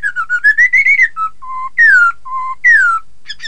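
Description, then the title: Laughingthrush singing varied whistles: a quick rising run of notes, then long steady low whistles alternating with loud falling ones. "Suara Kicau Burung Poksay"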